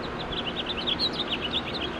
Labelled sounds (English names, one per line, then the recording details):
House Finch song
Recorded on Long Island, New York, on 21 March 2012
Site FL
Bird B